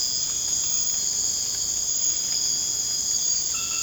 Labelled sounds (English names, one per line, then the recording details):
none
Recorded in secondary vegetation near Puerto Asís, Putumayo, Colombia, on 19 March 2025 at 00:00
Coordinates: 0.485, -76.322
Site G040